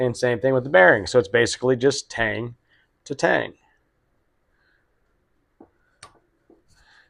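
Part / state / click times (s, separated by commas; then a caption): bearing shell into connecting rod big end / seated / 6.0 s. Someone talks, then a steel-backed rod bearing shell is pressed into the big end of a Small Block Chevy connecting rod with its tang aligned to the notch. A faint contact sound comes at 5.6 s, followed by a sharp click at 6.0 s as the shell seats and locks into place.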